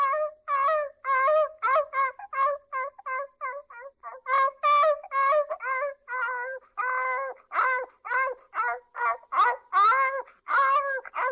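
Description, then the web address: Dog barking in quick, high-pitched yaps, one after another with brief gaps, continuing steadily throughout. "собаки"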